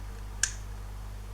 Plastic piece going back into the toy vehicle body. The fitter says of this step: there's a little click uh you can see there's a spring